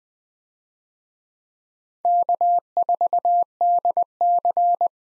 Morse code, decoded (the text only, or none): K4DC